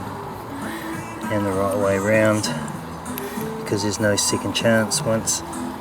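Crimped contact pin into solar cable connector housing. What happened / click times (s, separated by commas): The connector is handled but not yet seated; no clear locking click / none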